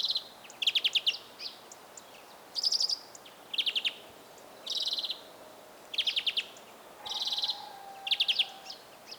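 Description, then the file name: European greenfinch: repeated bursts of fast trilled notes, with a faint steady whistle near the end. "Chloris chloris"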